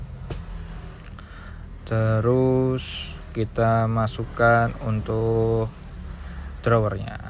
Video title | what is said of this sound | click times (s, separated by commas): DRAWER BUATAN ANAK BANGSA | kita pasang untuknya Sampai bunyi klek gitu | 1.2 s